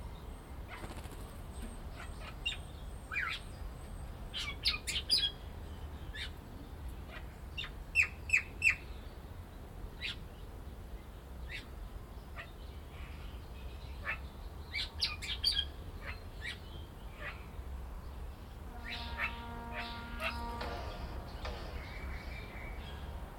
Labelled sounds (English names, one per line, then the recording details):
Golden Myna
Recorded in captivity
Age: adult
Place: Zoo Berlin, Berlin, DE
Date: 1992-11-07
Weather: bedeckt, 14°C
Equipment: Marantz CP 430, Sennheiser ME 80, Kopie Tesla B 116
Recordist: Tembrock, Günter